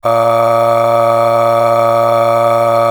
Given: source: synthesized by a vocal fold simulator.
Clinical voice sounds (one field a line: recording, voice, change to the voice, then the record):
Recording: sustained vowel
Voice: male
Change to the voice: aspiration noise (breathiness), level 9 of 10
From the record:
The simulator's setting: 3.35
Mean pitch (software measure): 115 Hz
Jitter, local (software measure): 0.90%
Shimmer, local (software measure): 10.8%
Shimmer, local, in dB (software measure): 0.95 dB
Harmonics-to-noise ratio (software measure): 12.8 dB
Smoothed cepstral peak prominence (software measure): 13.3 dB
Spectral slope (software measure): -16.5 dB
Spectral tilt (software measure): -8.4 dB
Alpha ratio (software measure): -7.0 dB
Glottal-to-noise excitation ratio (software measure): 0.876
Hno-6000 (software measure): 1.9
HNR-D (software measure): 22.3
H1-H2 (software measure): 4.9 dB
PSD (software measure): 6.6e-05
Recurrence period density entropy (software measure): 0.121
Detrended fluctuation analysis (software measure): 0.0545